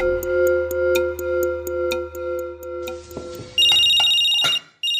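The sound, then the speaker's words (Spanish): A cell phone rings at 8 in the evening with a steady electronic ringtone, tones pulsing in an even rhythm over a low hum, then jumping to a louder, shrill high-pitched trill before it briefly cuts out. “Yo le he dicho que yo le compré ese celular es para que hablemos los dos, no para que la anden llamando a toda hora.”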